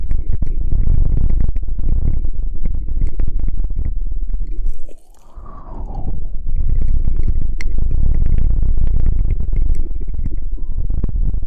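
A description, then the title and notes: Mouth sounds fill the recording with a dense, steady rush of low, breathy noise and quick wet clicks scattered throughout. Around five seconds it drops out abruptly, then swells back with a rising whistle-like tone before the thick noise resumes to the end. Mouth Sounds.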